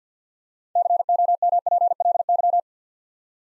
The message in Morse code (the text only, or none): COMPLY